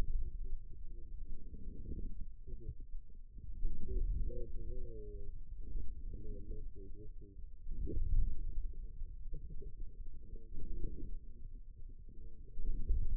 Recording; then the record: forearm muscle sounds (acoustic myography)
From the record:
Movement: inward rotation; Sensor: system 2, bracelet of six BSWA MPA416 microphones around the upper forearm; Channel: 3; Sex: male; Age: 22 years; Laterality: right